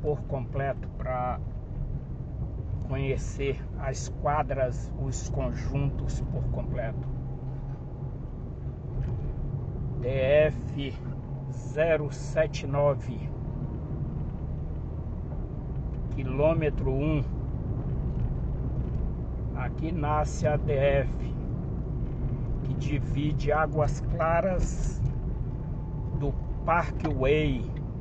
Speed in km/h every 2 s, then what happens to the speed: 31, 32, 37, 39, 38, 42, 46, 46, 48, 48, 45, 43, 42, 43.
0-16 speeds up to 48. 16-28 steady at about 43.